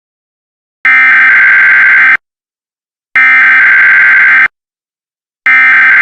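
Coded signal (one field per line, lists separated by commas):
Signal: Emergency Alert System (SAME) tones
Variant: header bursts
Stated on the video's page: Fictional EAS scenario.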